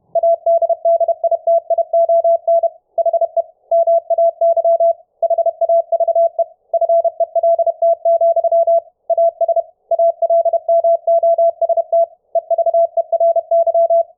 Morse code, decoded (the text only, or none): ADDITION HE MAY HAVE FELT, AS ALMOST EVERY